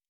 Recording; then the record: hydrophone in a shrimp aquaculture tank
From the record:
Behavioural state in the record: normal